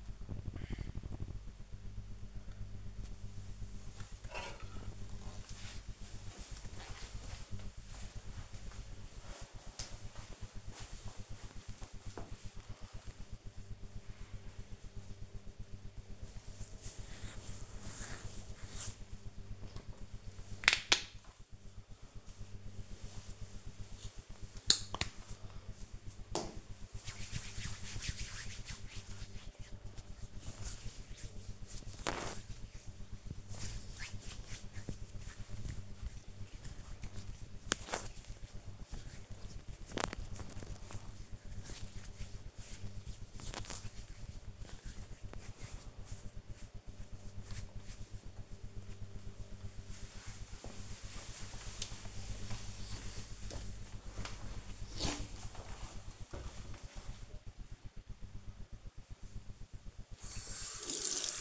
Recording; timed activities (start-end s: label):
household activities, microphone on the right wrist
19.66-46.77 s: cream hands
59.84-61.41 s: washing hands